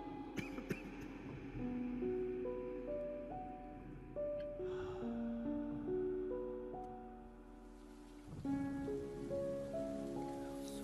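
Heavy rain hisses steadily on a night in Hanoi beneath slow, stepping melodic tones, the downpour holding a constant wash while the gentle notes rise and fall, briefly thinning before swelling again near the end.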